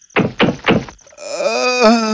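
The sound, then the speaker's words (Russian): Three dull, evenly spaced knocks on the wooden door of a hut at night, followed by a long, wavering creak-like tone that rises and falls in pitch. “В ту ночь, когда он спал в своей хижине, он услышал стук.”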